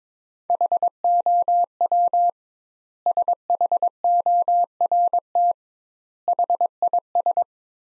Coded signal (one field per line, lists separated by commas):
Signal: Morse code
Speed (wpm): 22 wpm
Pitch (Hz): 700 Hz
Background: none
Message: HOW SHORT HIS